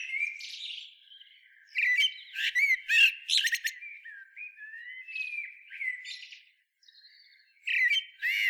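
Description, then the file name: Eurasian blackbird song phrases: mellow warbled notes followed by shrill, rapid twittering flourishes, with a short pause before a last squeaky burst. "Turdus merula"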